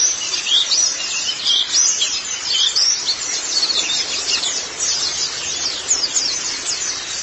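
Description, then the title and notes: White-eye chirping: a busy, continuous jumble of high, thin, sliding notes over background hiss. "Kicauan Burung Pleci Durasi Panjang. Suara kicauan burung pleci"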